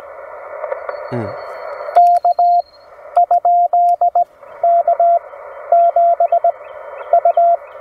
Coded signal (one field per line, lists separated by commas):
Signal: Morse code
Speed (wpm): 19 wpm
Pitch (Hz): 700 Hz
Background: radio noise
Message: K ? K 7 U